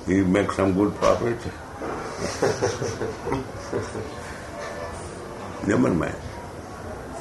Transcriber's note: laughs